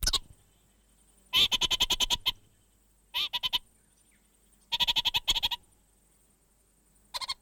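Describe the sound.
Orange-fronted parakeet in repeated bursts of rapid, raspy chattering, some starting with a longer harsh note, separated by short silences.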